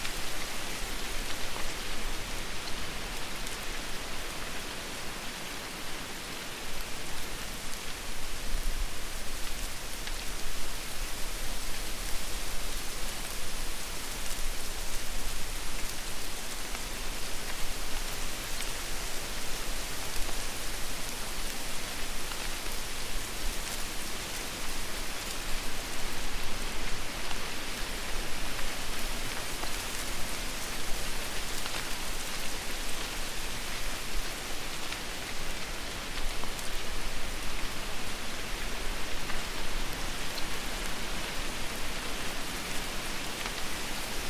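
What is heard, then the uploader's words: Leaves rustle in the wind as a dense, unbroken hiss that stays bright throughout. The level barely changes, with only slight swells every several seconds, and a faint low rumble sits underneath. Leaves Rustling in the Wind.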